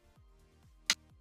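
The side retaining clips of a laptop memory slot are spread, and the RAM module pops up free of its slot with a single sharp, bright click at 0.9 s. The click stands well above a quiet, steady tonal background that carries faint low sweeps. The stick is released from the slot.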